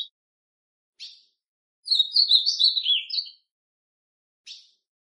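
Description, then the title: Ultramarine grosbeak song: a rich warbled phrase of about one and a half seconds, with sharp chips before and after. Classic song style (canto clássico) of the Ultramarine grosbeak. "Azulão Canto Clássico Original"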